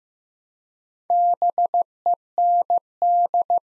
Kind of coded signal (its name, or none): Morse code